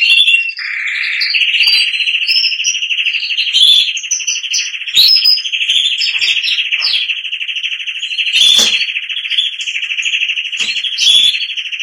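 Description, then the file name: Canary song: a long steady rolling trill running through the whole passage, broken by occasional higher chirps and short whistles. "canto do canario giboso espanhol"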